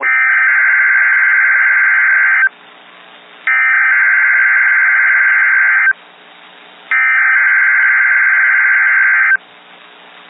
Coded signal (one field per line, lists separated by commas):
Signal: Emergency Alert System (SAME) tones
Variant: header bursts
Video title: Winter Storm Watch (EAS 278)